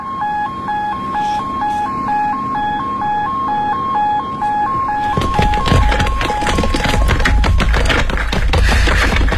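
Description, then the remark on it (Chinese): An ambulance siren on Zhongshan Road by Renai Hospital in Shanghai, on a midsummer night, August 16, cycles steadily between two alternating pitches, hi-lo, about once a second; halfway through, a loud clattering commotion breaks in and partly covers the siren. “8月16日晚，一个平常的仲夏夜，上海仁爱医院那条闹中取静的中山路上，一阵救护车急促的警铃声划破了安宁静谧的夜空。”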